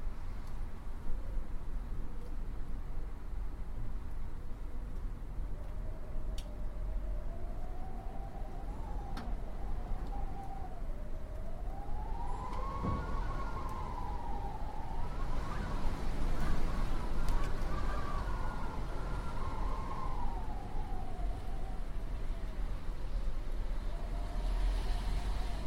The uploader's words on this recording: Howling Winds. This immersive audio track captures the eerie and haunting sound of winds as they blow through trees, buildings, and across landscapes.